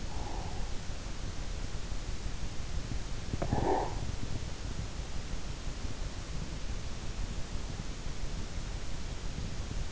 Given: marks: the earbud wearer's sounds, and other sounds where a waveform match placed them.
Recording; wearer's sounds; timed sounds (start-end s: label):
sounds in sleep by an in-ear microphone; breath
0.00-1.13 s: breath
3.16-4.33 s: breath